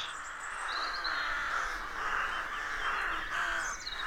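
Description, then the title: Rooks cawing together in a harsh continuous babble, with short high whistled chirps from small birds over the top. Rook colony of more than 300 birds nesting in a dozen roadside trees, rural County Armagh, early spring; pairs greeting, squabbling with neighbours as first chicks hatch. "Sound Escape 113. the stirring cacophony of a rook colony"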